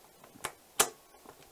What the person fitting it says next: that's locked in place that is not coming off